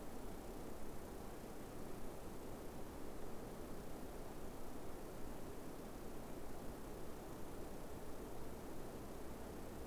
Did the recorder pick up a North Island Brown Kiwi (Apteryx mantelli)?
no